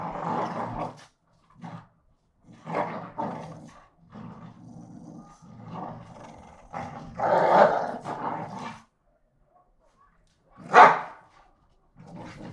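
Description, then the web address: American Pit Bull Terrier growls and barks during a fight: rough snarling bursts, then a sharp, loud yelp-like bark near the end. Two pit bulls fighting each other. "NS Studios - ultra sound collection animals dogs - Pit bull Tessa Pit bull Bahko"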